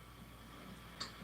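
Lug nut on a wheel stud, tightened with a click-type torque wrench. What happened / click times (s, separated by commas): The torque wrench clicked at its setting / 1.0 s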